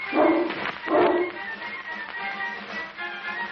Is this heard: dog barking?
yes